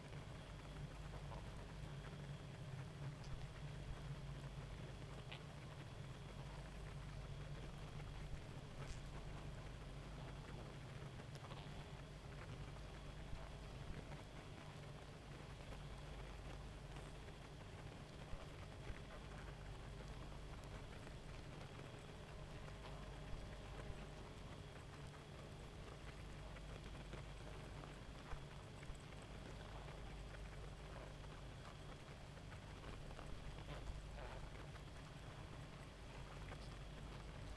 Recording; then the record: honeybee colony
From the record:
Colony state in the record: active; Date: 28 July 2017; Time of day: 1:26